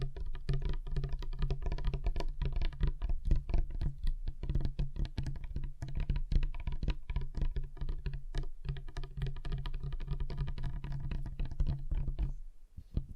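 Fingers tap on a table in a quick, uneven patter of sharp little knocks, thick with taps almost throughout, much like typing. A low, steady hum runs underneath. Near the end the tapping thins out and briefly stops before a final few taps.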